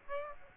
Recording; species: mosquito wingbeat signal from an infrared sensor; Aedes aegypti